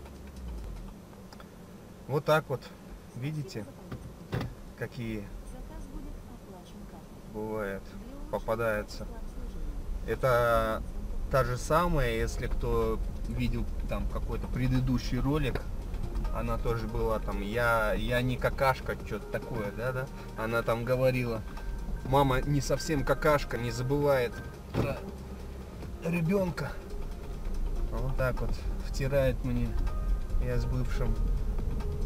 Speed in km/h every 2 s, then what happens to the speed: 0, 0, 0, 3, 5, 9, 10, 8, 6, 2, 4, 5, 1, 4, 12, 15.
0-5 standing. 5-12 pulls away to 10. 12-18 slows to 2. 18-24 steady at about 2. 24-32 pulls away to 15.